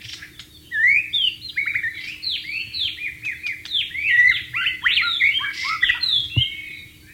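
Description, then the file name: White-rumped shama delivering a continuous rapid song of sweeping, varied whistled notes with little pause, over a faint steady hum. Wild bird. "suara burung murai batu di alam liar"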